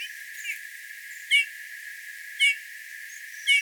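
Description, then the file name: Eurasian bullfinch giving three short, clear piping notes about once a second, with fainter chirps between them over a steady soft hiss. "Pyrrhula pyrrhula"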